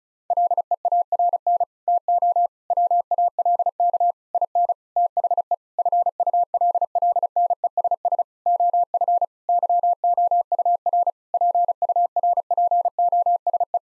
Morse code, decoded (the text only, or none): LEARN TO WALK IN THE FULLNESS OF YOUR PURPOSE